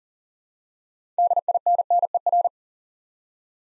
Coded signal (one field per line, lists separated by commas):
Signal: Morse code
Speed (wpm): 40 wpm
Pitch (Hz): 700 Hz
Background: none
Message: DINNER